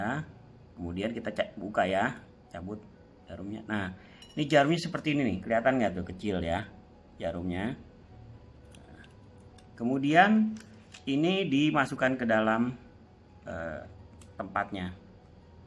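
Someone talks while handling a lancet for a Nesco MultiCheck uric acid check: the needle cap has been pulled off, and the lancet is held and lined up before being pushed into the lancing device holder. Two faint, brief ticks are heard at about 8.8 s and 9.6 s between the talking. Nothing has seated or clicked yet.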